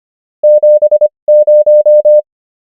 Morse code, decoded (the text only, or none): 70